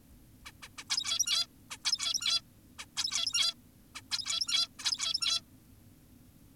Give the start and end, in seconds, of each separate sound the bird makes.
0.46-0.52, 0.62-0.69, 0.78-0.84, 0.90-1.47, 1.71-1.78, 1.85-2.42, 2.79-2.86, 2.97-3.54, 3.95-4.02, 4.11-4.68, 4.79-5.42